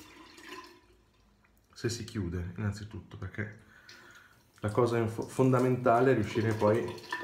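Someone talks while handling the lid of a soap dish holding a hard L'Occitane shaving soap that has wedged in crooked, trying to close the lid over it. Only a couple of faint, brief handling ticks are heard beneath the talking. Nothing has seated or clicked yet.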